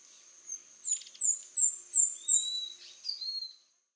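Speckled spinetail calls as a series of six very high, thin, downslurred notes about every 0.4 seconds, ending in lower, longer whistled notes.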